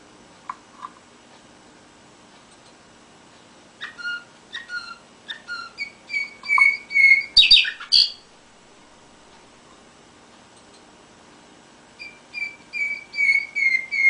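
Canary song in bursts of clear whistled notes, some sliding, separated by quiet pauses, with a louder dense flurry near the middle and a repeated note series at the end.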